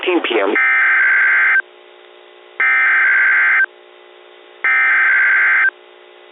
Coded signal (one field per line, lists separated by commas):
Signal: Emergency Alert System (SAME) tones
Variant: header bursts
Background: speech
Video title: Tornado Warning for Hartford Metro on WXJ41 Hartford, Connecticut (6/22/2024) (EAS #122)